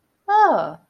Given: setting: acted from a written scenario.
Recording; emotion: vocal sound without words; realization